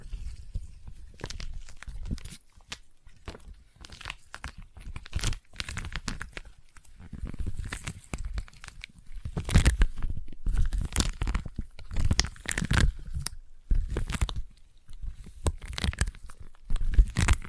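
Sticky tapping and peeling sounds come in dense, irregular bursts of crackly, tacky clicks and tearing textures, with brief pauses between clusters. The activity grows louder and busier after about eight seconds, with sharp snaps scattered throughout and a low thumping underneath.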